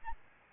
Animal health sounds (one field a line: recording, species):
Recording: mosquito wingbeat signal from an infrared sensor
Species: Aedes albopictus